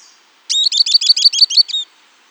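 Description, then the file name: Bird giving a quick series of several chattering high notes, sharp onset then evenly repeated, with near silence around it. "SABIOD 50 bird 2015"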